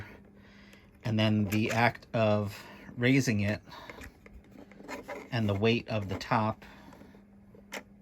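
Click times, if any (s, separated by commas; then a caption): 7.7 s. Someone talks while the raised loft top of a small plastic Lego brick camper model is pushed up by a crank-driven lifting mechanism. At 7.7 s, the roof passes over centre and snaps with a short, sharp click into its raised, locked position on the camper body.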